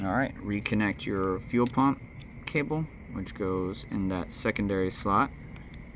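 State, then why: Not seated. Someone talks while handling the fuel pump cable connector on a 2004–2008 third-generation Acura TL, getting ready to reconnect it into the secondary slot on the fuel pump assembly. Faint handling noises come through under the voice. Nothing has clicked or seated yet.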